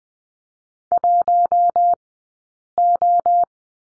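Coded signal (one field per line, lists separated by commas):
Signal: Morse code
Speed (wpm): 20 wpm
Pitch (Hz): 700 Hz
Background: none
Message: 1 O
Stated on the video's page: Morse code course lesson on the number 4, Farnsworth speed 20/10 wpm.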